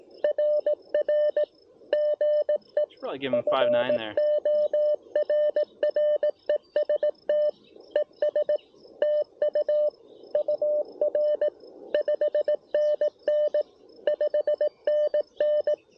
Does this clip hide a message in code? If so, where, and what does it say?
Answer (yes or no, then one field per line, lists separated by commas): yes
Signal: Morse code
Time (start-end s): 0.2-15.7 s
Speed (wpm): 16 wpm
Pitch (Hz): 620 Hz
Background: speech, radio noise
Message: RR GE FORREST ES TU UR 5NN 5NN